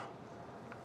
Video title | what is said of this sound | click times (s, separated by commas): What's better than one PC build? How about two? | and a click at the bottom. once you've got them in place. | 0.7 s